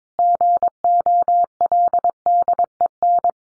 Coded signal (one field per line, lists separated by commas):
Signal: Morse code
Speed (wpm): 22 wpm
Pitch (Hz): 700 Hz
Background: none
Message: GOLDEN